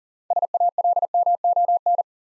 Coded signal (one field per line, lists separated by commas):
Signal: Morse code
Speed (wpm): 40 wpm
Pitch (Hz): 700 Hz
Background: none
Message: SALMON